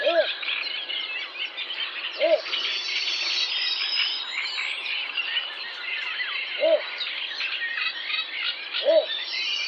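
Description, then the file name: Little bittern repeating a low, gruff single-note bark at irregular intervals, four notes, against continuous high-pitched birdsong. "baczek"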